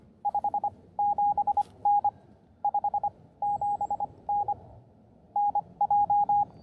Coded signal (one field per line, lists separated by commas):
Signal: Morse code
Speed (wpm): 25 wpm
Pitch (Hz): 820 Hz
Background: none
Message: 57N 57N NJ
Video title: New Antenna, New Key, and New Friend: Testing the CHA LEFS 4010 at William B Umstead State Park!